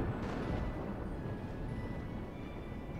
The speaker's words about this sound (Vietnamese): Trên bầu trời sét lóe lên đùng đùng, kèm theo tiếng sấm long trời lở đất.